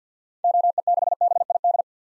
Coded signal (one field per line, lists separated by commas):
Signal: Morse code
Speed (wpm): 50 wpm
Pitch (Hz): 700 Hz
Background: none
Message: OE6BID